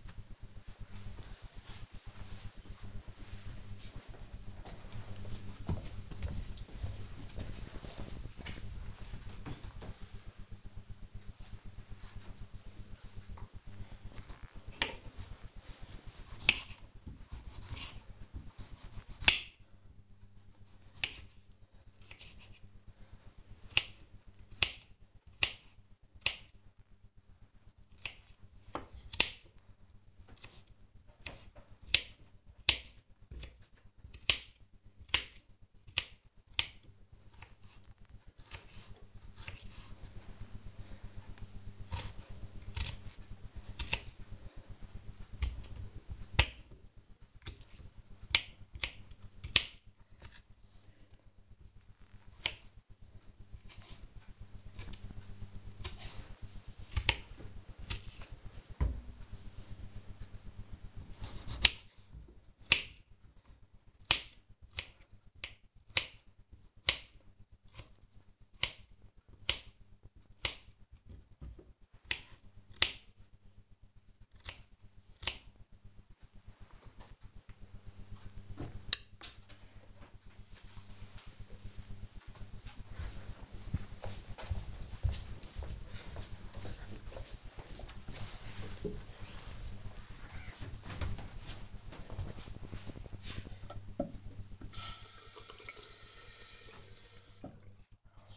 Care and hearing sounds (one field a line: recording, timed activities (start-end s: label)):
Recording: household activities, microphone on the right wrist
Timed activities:
13.23-76.58 s: cutting vegetables
93.70-98.37 s: brushing teeth